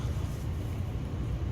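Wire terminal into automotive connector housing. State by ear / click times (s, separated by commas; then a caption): not seated / none. A red wire's terminal is handled at its side of a new automotive connector housing, with a steady low-frequency rumble like nearby vehicle noise throughout and no sharp transients. The terminal has not clicked into place or seated yet.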